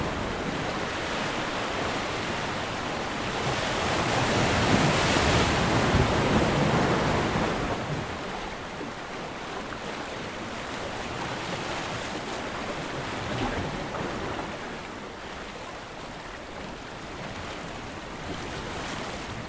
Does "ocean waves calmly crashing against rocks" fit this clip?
yes